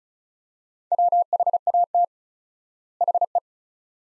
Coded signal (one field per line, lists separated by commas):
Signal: Morse code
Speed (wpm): 36 wpm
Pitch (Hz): 700 Hz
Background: none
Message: WHAT HE